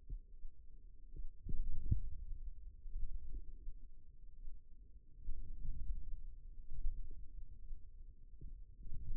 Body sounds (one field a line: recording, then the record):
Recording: forearm muscle sounds (acoustic myography)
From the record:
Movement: outward rotation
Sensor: system 2, bracelet of six BSWA MPA416 microphones around the upper forearm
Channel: 3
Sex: male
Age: 22 years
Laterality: right